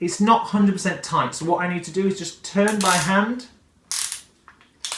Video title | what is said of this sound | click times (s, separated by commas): How to use a DRILL - The DIY Doers | end of the drill bit and you've heard it click into place now my drill bit is safe and secure so | 3.9 s, 4.8 s